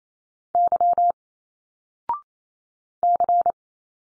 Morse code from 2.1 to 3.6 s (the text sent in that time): C